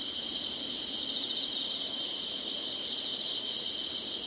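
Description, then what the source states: Singing insects form a thick, even high buzz. Singing insects in summer.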